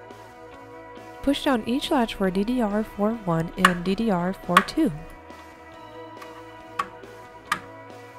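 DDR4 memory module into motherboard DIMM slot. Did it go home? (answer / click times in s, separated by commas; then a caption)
yes / 6.8 s, 7.5 s. Two DDR4 memory sticks are aligned with the motherboard DIMM slots and pressed down at each edge while someone talks over background music. After the talking stops, two sharp clicks are heard at 6.8 s and 7.5 s as the slot latches close and the modules seat.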